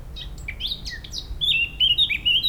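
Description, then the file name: Eurasian blackcap singing a quick scratchy warble that breaks into clear, loud fluting whistles, the notes tumbling up and down in a fast run. "Sylvia atricapilla"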